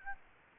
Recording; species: mosquito wingbeat signal from an infrared sensor; Aedes albopictus